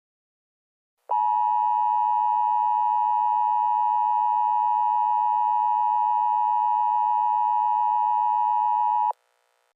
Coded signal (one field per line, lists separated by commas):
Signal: Emergency Alert System (SAME) tones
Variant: 853 and 960 Hz attention tone